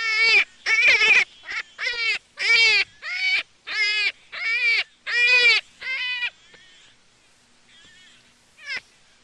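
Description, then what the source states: Jackrabbit call: loud harmonic squeals repeated quickly for about six seconds, then fading to faint cries and near quiet, with one last short squeak. Juvenile.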